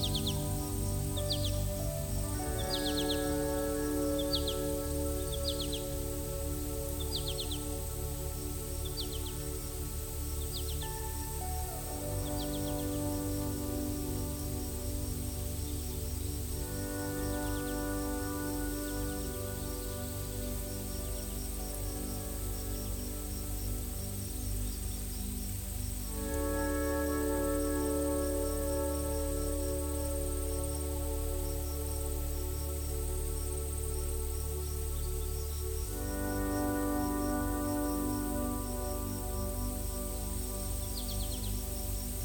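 Forest sounds with gentle music: soft sustained chords hold steady and shift to new harmonies every several seconds, around 11, 16, 26 and 36 seconds. High bird chirps repeat in quick regular bursts during the first ten seconds, with a steady low hum underneath throughout.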